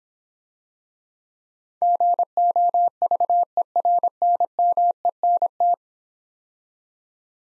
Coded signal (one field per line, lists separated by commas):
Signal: Morse code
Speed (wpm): 26 wpm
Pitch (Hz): 700 Hz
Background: none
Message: GOVERNMENT